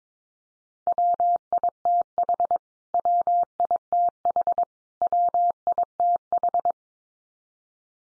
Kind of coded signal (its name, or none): Morse code